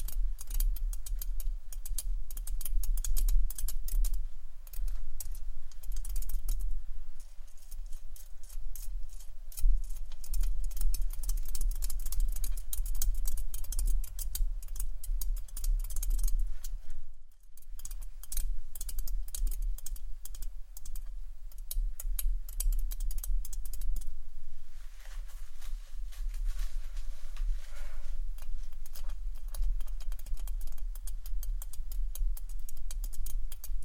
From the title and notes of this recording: ASMR FACE TAPPING Camera Tapping （No Talking）.